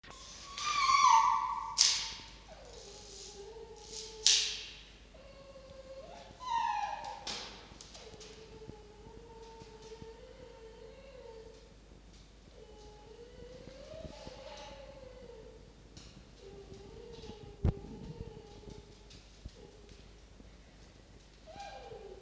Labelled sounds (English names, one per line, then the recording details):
Red Fox
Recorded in captivity
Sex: male
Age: adult
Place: Zoologisches Institut der HUB, Berlin, DE
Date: 1953-01-14 17:05
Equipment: Elmetra
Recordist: Tembrock, Günter
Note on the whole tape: Castor (mit Blick auf Jupp): Knätschen (anfangs und zum Schluß mit Gähnen)